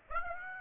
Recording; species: mosquito wingbeat signal from an infrared sensor; Aedes aegypti